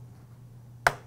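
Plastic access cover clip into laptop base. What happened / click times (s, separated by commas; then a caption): The plastic cover clip snapped into place / 0.9 s. A plastic access cover on the base of an Acer Aspire E15 laptop is pressed down at its last tight clip. After a quiet hum, one loud, sharp click at 0.9 s shows the clip snapping into place, and the cover is seated.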